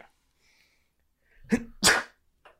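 Adult man performing a fake sneeze: a voluntary imitation of a sneeze, with a brief inhalation followed by a sharp, loud expulsive burst.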